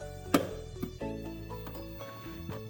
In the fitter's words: Then you pull this towards the machine just slightly until you hear a click and